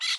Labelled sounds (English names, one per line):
Brown-throated Parakeet contact call